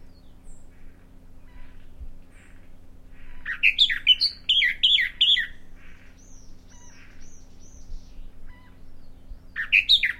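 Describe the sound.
Bahama mockingbird song: a burst of rough, descending chattering phrases midway, quieter gaps with faint thin whistles, then another rapid burst at the end.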